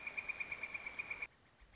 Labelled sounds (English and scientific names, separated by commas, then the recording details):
Northern Flicker (Colaptes auratus)
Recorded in Sonoma County, California